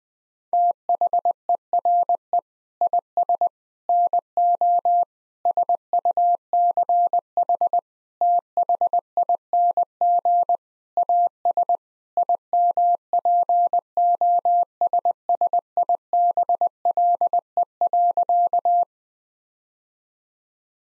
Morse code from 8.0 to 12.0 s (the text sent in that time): THING AS